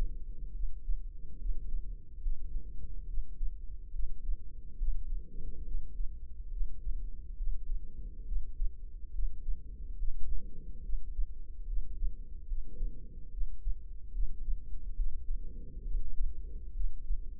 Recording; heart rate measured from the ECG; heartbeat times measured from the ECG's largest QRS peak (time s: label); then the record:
heart sounds by microphone in the left ear; 70 bpm
0.51 s: heartbeat
1.36 s: heartbeat
2.20 s: heartbeat
3.05 s: heartbeat
3.91 s: heartbeat
4.76 s: heartbeat
5.63 s: heartbeat
6.48 s: heartbeat
7.35 s: heartbeat
8.24 s: heartbeat
9.10 s: heartbeat
9.96 s: heartbeat
10.80 s: heartbeat
11.64 s: heartbeat
12.46 s: heartbeat
13.29 s: heartbeat
14.10 s: heartbeat
14.94 s: heartbeat
15.82 s: heartbeat
16.72 s: heartbeat
From the record:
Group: healthy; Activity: rest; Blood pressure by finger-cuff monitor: 97/73 mmHg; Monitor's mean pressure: 82 mmHg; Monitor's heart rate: 70 bpm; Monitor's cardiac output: 4.9 L/min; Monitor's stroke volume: 69 mL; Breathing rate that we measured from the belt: 23 breaths a minute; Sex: female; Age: 32 years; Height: 172 cm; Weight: 71.7 kg